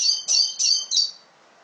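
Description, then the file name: Red siskin giving four quick high chirps in a row, the last fading away. "Canto del Cardenalito"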